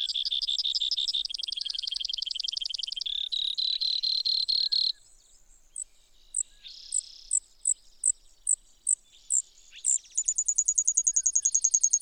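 Brewer's sparrow song of varied trills. Fast rattling trills open, then spaced thin high notes, a short buzz, and a quick shrill trill to end.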